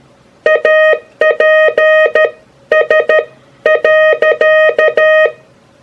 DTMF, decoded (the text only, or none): none